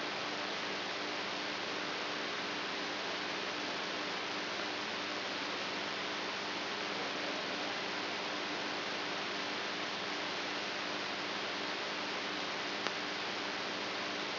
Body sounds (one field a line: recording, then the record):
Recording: brain microelectrode recording played as sound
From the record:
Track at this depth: inside the subthalamic nucleus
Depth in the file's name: 4.715 mm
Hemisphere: right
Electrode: 3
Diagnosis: Parkinson's disease